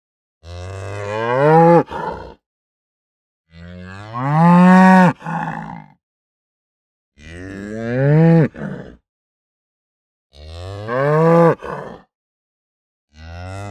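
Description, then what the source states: Cow mooing in loud, harsh bellows about every three seconds, each rising then breaking off abruptly. Aggressive, fast mooing.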